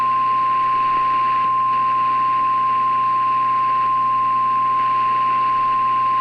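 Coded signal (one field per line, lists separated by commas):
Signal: Emergency Alert System (SAME) tones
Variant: 1050 Hz attention tone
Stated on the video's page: Simulated EAS alert, a fictional fire weather outbreak scenario.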